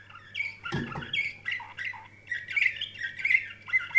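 Canary warbling of soft varied chirps and short whistles, with a brief low thump near the start; faint hum in the background.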